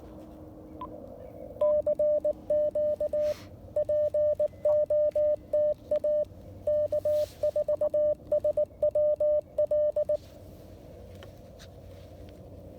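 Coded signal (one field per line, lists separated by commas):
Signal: Morse code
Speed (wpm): 18 wpm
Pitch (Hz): 600 Hz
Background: none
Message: CQ POTA K4SWL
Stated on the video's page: Portable CW at a POTA activation with an Icom IC-705 and an Elecraft AX1 antenna.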